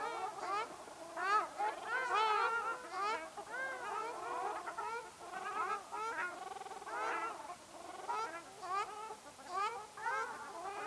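Ruddy shelduck flock honking, many nasal, goose-like calls overlapping in irregular bursts.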